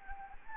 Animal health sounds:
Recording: mosquito wingbeat signal from an infrared sensor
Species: Anopheles gambiae

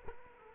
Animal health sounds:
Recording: mosquito wingbeat signal from an infrared sensor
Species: Culex quinquefasciatus

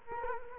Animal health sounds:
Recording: mosquito wingbeat signal from an infrared sensor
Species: Culex quinquefasciatus

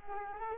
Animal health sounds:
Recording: mosquito wingbeat signal from an infrared sensor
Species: Culex quinquefasciatus

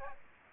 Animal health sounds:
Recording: mosquito wingbeat signal from an infrared sensor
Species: Aedes aegypti

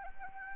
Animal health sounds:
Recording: mosquito wingbeat signal from an infrared sensor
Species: Anopheles arabiensis

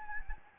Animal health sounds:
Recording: mosquito wingbeat signal from an infrared sensor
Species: Anopheles gambiae

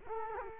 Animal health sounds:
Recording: mosquito wingbeat signal from an infrared sensor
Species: Culex quinquefasciatus

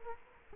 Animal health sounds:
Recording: mosquito wingbeat signal from an infrared sensor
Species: Culex quinquefasciatus

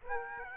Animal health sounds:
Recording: mosquito wingbeat signal from an infrared sensor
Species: Aedes aegypti

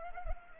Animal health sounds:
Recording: mosquito wingbeat signal from an infrared sensor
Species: Culex pipiens

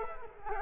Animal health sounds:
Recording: mosquito wingbeat signal from an infrared sensor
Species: Culex quinquefasciatus

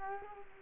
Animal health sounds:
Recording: mosquito wingbeat signal from an infrared sensor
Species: Culex quinquefasciatus

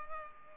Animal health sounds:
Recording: mosquito wingbeat signal from an infrared sensor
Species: Culex pipiens

